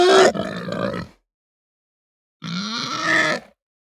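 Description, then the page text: Pig grunt, a loud harsh rasp followed after a pause by a similar-length harsh groaning grunt. Angry grunting and mumbling. "Hampshire Pig Grunt Mumble Angry. Quick Sounds"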